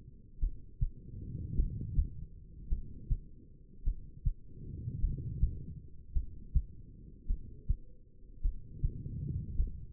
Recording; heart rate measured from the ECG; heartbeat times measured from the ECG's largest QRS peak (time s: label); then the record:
heart sounds by stethoscope; 52 bpm
0.39 s: heartbeat
1.55 s: heartbeat
2.68 s: heartbeat
3.83 s: heartbeat
5.00 s: heartbeat
6.13 s: heartbeat
7.26 s: heartbeat
8.41 s: heartbeat
9.56 s: heartbeat
From the record:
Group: heart failure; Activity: rest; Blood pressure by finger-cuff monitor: 83/59 mmHg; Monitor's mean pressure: 67 mmHg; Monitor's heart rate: 53 bpm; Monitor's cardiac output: 2.5 L/min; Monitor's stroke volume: 48 mL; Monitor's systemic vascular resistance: 1920 dyn s/cm5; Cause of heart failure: non-ischemic cardiomyopathy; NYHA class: 1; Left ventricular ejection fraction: 52%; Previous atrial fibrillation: present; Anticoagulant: apixaban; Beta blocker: bisoprolol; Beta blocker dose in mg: 10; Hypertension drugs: sacubitril-valsartan, spironolactone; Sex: female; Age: 68 years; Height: 169 cm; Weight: 71 kg